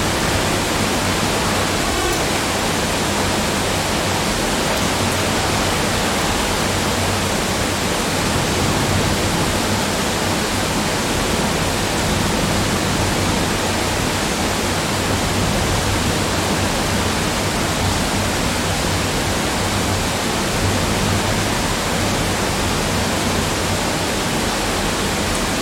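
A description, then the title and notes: Rain heard from a window makes a dense, unbroken hiss that stays level for the whole stretch, with no single drops standing out. A low steady hum runs underneath, and a brief faint ticking or clicking comes near the start. Rain From Window Ambience.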